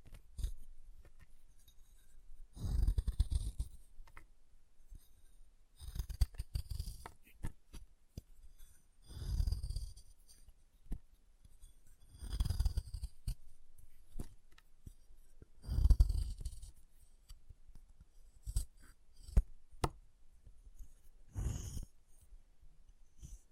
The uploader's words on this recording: ASMR Chalk Carving and Cutting Sounds (No Talking).